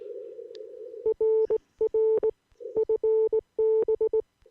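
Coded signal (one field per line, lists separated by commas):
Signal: Morse code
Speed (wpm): 18 wpm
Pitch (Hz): 440 Hz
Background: none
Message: RR FB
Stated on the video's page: Amateur CW CQ call from Wisconsin.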